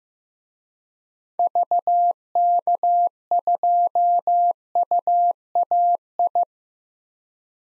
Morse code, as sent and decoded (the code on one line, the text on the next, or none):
...- -.- ..--- ..- .- ..
VK2UAI